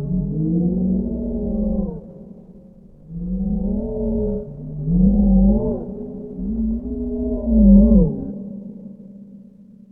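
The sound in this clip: Whale song: long moaning tonal calls with rich harmonics, rising and falling in slow arcs, in several phrases.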